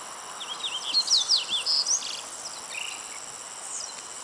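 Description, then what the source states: Yellow-bellied seedeater song, a quick burst of sweet whistled slurs and buzzy notes over about two seconds, then fainter notes, over a steady high insect hum. Recorded 24 May 2011.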